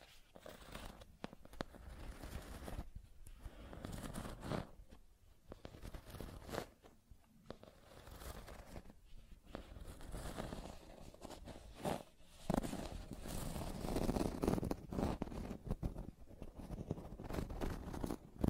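Scratching and tracing sounds move in uneven strokes, with rough, rasping bursts separated by brief pauses around 3, 5 and 7 seconds. The texture is dense and gritty across low and high tones, growing louder and more continuous after about 12 seconds.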